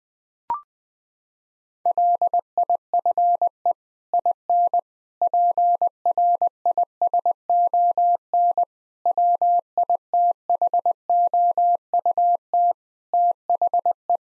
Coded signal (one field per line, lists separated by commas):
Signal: Morse code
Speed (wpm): 20 wpm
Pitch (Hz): 700 Hz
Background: none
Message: LIFE IN PRISON WITHOUT THE